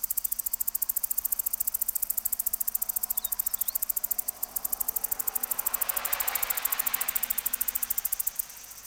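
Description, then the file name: Cicada song: continuous rapid high pulses, evenly spaced, running through the whole stretch with faint background hiss. "Tettigeta argentata"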